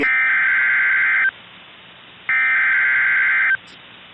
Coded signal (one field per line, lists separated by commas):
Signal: Emergency Alert System (SAME) tones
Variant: header bursts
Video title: EAS Severe Thunderstorm Watch (10/23/21) (VALID TONES)